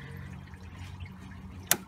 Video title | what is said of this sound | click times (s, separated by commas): BMW 2007 X5 4.8 Thermostat replace | There we go. Make sure it snaps. You hear that snap, crackle, pop? | 1.7 s